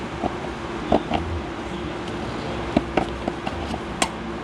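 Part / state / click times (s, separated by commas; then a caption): wiring harness plug into its mating connector in the car door / seated / 4.0 s. A plastic wiring harness connector is pushed into its mating connector in a car door, with a few small knocks and taps over a steady low background hum. It clicks into place with a sharp snap at 4.0 seconds, fully seated.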